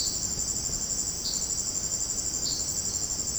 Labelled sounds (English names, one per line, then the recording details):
none
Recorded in dense forest near Puerto Asís, Putumayo, Colombia, on 4 March 2025 at 18:00
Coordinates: 0.500, -76.322
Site GP06